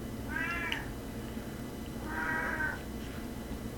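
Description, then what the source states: Domestic cat meowing, two drawn-out meows about two seconds apart over a steady low background hum. Recorded in Quebec in 2012; described as a cat conversation.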